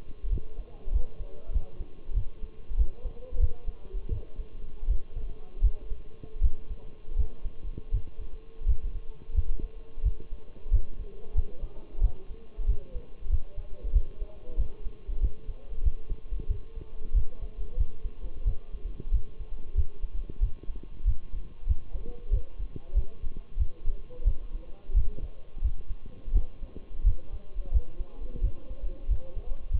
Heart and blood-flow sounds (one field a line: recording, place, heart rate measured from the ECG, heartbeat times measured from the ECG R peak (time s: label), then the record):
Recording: heart sounds by stethoscope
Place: between the tricuspid and mitral areas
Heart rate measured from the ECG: 90 bpm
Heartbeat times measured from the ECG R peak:
0.32 s: heartbeat
0.94 s: heartbeat
1.54 s: heartbeat
2.16 s: heartbeat
2.78 s: heartbeat
3.41 s: heartbeat
4.12 s: heartbeat
4.89 s: heartbeat
5.63 s: heartbeat
6.43 s: heartbeat
7.18 s: heartbeat
7.93 s: heartbeat
8.68 s: heartbeat
9.36 s: heartbeat
10.05 s: heartbeat
10.73 s: heartbeat
11.36 s: heartbeat
12.03 s: heartbeat
12.68 s: heartbeat
13.31 s: heartbeat
13.94 s: heartbeat
14.59 s: heartbeat
15.22 s: heartbeat
15.85 s: heartbeat
16.50 s: heartbeat
17.15 s: heartbeat
17.79 s: heartbeat
18.47 s: heartbeat
19.13 s: heartbeat
19.77 s: heartbeat
20.42 s: heartbeat
21.07 s: heartbeat
21.68 s: heartbeat
22.32 s: heartbeat
22.96 s: heartbeat
23.59 s: heartbeat
24.26 s: heartbeat
24.96 s: heartbeat
25.64 s: heartbeat
26.34 s: heartbeat
27.06 s: heartbeat
27.73 s: heartbeat
28.43 s: heartbeat
29.10 s: heartbeat
29.73 s: heartbeat
From the record:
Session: Bruce protocol treadmill stress test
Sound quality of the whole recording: partially saturated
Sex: male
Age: 23 years